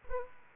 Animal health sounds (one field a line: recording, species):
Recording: mosquito wingbeat signal from an infrared sensor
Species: Aedes aegypti